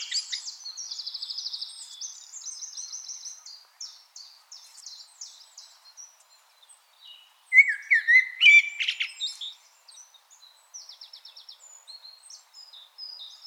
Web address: SETE Turdus merula